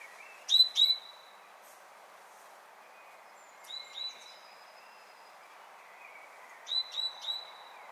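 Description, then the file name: Great tit calling in short bursts of two or three clipped, high notes, with quieter scattered notes between and a steady background hiss. "Parus major"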